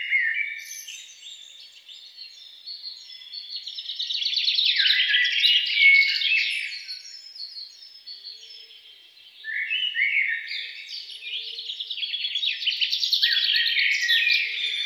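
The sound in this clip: Songbird song, rapid varied twittering phrases with trills, a short lull around the middle, then another long burst of chirps.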